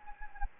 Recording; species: mosquito wingbeat signal from an infrared sensor; Anopheles gambiae